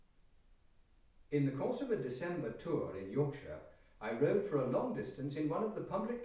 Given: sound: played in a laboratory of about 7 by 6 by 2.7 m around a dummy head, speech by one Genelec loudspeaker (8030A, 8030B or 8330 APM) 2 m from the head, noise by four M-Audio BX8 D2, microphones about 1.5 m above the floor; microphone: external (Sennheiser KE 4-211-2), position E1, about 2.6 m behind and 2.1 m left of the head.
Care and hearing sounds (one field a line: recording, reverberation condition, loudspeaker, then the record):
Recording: male speech in English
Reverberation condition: medium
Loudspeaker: in front (0 degrees)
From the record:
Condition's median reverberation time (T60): about 510 ms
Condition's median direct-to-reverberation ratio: about -0.5 dB